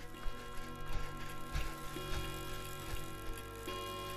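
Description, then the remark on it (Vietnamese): A clock, showing just past 3 a.m., ticks in a steady mechanical rhythm, each dry click fairly soft, set against a low humming drone with faint sustained tones underneath. “Đồng hồ đã chỉ qua 3 giờ sáng.”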